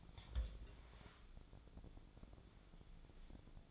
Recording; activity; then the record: daily activity, microphone in the room; take from stove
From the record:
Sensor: 5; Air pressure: 1000.0 hPa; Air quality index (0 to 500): 94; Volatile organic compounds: 1 ppm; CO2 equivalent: 772 ppm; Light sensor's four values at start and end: 395/935/406/460 and 396/938/407/460